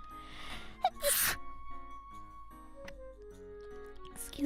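A short breathy intake builds up, then one sharp explosive burst of air about a second in: a single sneeze. Soft steady tones play in the background, and a brief breath follows at the end.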